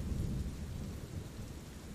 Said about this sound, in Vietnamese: Ngoài trời đang mưa to gió lớn, con lo cho tụi nó quá.